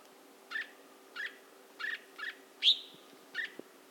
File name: suara burung cucak cungkok orange bellied leafbird